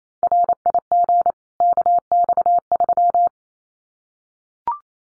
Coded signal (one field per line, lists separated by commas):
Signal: Morse code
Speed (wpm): 28 wpm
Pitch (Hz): 700 Hz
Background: none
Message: RIG KX3